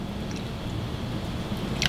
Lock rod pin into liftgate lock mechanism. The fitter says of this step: that back in there, get it to snap in place like I've done there. Yeah.